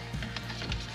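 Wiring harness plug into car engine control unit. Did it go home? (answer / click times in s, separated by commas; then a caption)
no / none. A wiring harness plug is pushed partly into the engine control unit socket of a McLaren 720S being worked on for tuning, and its locking lever is handled. Short, light taps and handling noises are heard over a steady low hum. Nothing has seated or clicked yet.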